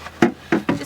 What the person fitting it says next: kind of clicks into place